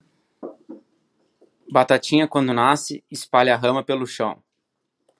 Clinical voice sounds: short text; Brazilian Portuguese; male; 60 to 69 years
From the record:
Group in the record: control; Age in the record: 60 years

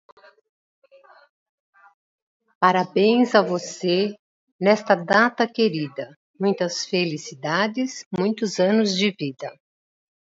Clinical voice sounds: short text; Brazilian Portuguese; female; 60 to 69 years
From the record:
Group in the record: control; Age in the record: 62 years

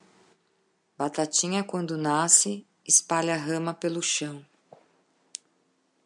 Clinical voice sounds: short text; Brazilian Portuguese; female; 50 to 59 years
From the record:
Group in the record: control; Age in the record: 54 years

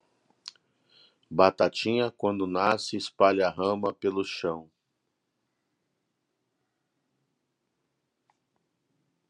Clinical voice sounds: short text; Brazilian Portuguese; male; 40 to 49 years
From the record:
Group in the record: control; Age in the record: 43 years

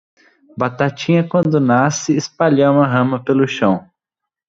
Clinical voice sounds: short text; Brazilian Portuguese; male; 20 to 29 years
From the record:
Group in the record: control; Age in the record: 22 years

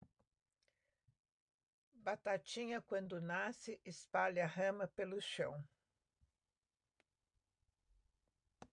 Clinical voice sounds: short text; Brazilian Portuguese; female; 70 to 79 years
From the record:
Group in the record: control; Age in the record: 75 years

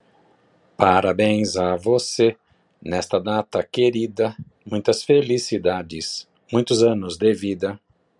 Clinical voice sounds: short text; Brazilian Portuguese; male; 50 to 59 years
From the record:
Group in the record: control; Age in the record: 54 years

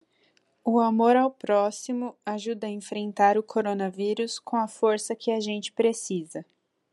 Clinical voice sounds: spoken sentence; Brazilian Portuguese; female; 20 to 29 years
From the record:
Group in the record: control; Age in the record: 21 years

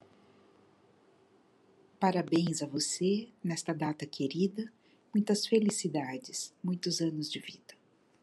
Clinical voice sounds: short text; Brazilian Portuguese; female; 50 to 59 years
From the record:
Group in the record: control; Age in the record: 50 years

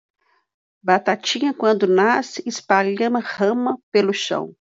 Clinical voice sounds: short text; Brazilian Portuguese; female; 60 to 69 years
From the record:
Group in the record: control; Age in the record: 61 years

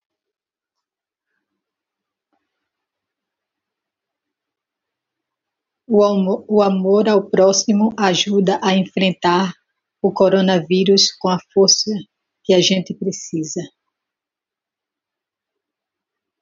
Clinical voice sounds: spoken sentence; Brazilian Portuguese; female; 60 to 69 years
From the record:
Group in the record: control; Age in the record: 62 years

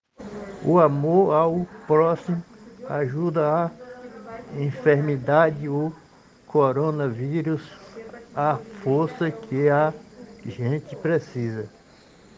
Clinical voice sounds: spoken sentence; Brazilian Portuguese; male; 60 to 69 years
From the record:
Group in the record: respiratory insufficiency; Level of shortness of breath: 5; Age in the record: 63 years

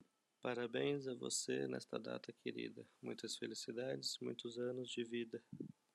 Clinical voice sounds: short text; Brazilian Portuguese; male; 30 to 39 years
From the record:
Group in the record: control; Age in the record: 38 years

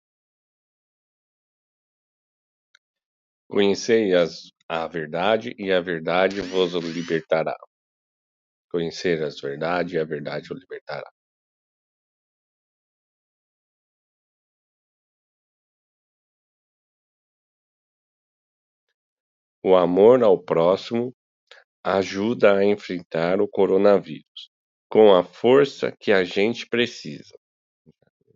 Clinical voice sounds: spoken sentence; Brazilian Portuguese; male; 30 to 39 years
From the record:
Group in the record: control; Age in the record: 35 years

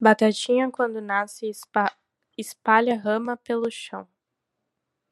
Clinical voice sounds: short text; Brazilian Portuguese; female; 18 to 19 years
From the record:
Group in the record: control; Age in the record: 19 years

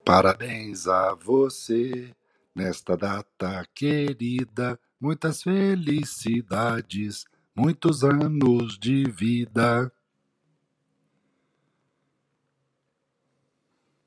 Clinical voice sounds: short text; Brazilian Portuguese; male; 60 to 69 years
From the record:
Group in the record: control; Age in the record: 60 years

